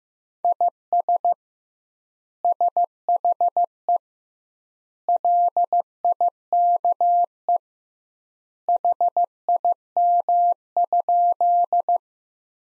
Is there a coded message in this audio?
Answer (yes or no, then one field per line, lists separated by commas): yes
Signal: Morse code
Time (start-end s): 0.4-12.0 s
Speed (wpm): 15 wpm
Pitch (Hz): 700 Hz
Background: none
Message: IS SHE LIKE HIM?